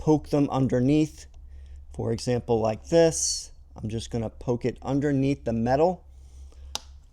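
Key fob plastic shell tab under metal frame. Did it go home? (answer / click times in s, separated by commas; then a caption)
yes / 6.8 s. Someone talks while poking a tab of a rubberized plastic shell, during a key fob shell replacement on a Fisker Ocean, underneath the edge of the fob's metal frame. A loud, sharp snap is heard at 6.8 s as the tab snaps into place, and the shell is seated.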